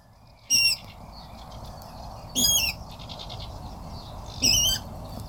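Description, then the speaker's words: Water rail calls: three sharp, piglike squeals about two seconds apart. Heard in reeds at a nature reserve in Nyköping; a shy bird that keeps hidden in reeds and is usually only glimpsed. "Det här är en vattenrall."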